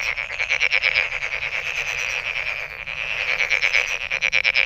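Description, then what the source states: Frogs calling in a dense chorus, fast pulsed croaks overlapping continuously with a steady high trilling band throughout. Recorded 23 May 2008.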